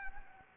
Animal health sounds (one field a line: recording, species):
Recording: mosquito wingbeat signal from an infrared sensor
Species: Anopheles arabiensis